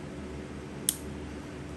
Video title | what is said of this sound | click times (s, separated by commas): KTM 350 bike build!! Vortex ECU installed!! | gotta hear the click so | 0.9 s